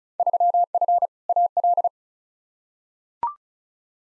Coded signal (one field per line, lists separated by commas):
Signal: Morse code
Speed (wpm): 34 wpm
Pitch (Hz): 700 Hz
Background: none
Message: 3F AL